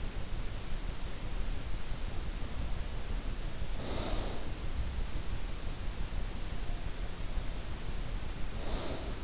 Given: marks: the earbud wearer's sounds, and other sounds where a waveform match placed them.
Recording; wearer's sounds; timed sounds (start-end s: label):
sounds in sleep by an in-ear microphone; snoring breath
3.59-4.54 s: snoring breath
8.54-9.20 s: snoring breath